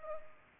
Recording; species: mosquito wingbeat signal from an infrared sensor; Culex pipiens